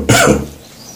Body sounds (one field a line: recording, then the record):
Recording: coughing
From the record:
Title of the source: Spring Cold Coughing.